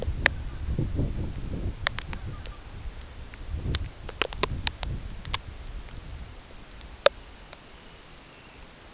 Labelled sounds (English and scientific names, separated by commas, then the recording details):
unidentified sound, Dunlin (Calidris alpina)
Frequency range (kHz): Dunlin (Calidris alpina) 2.2-3.4 kHz
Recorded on Arctic tundra, site CORI-1, on 13 June 2018
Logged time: 16:00